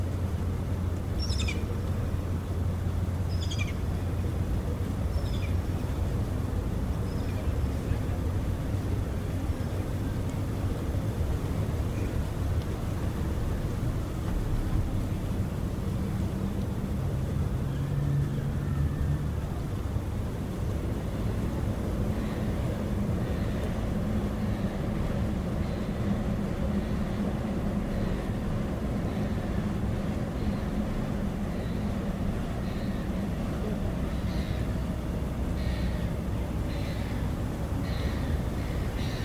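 A waterfront ambience carries a steady, dense low rumble of engines and the faint hum of the city, with loudness holding level throughout. Short bright clicks and knocks dot the first few seconds and return more often after about twenty seconds.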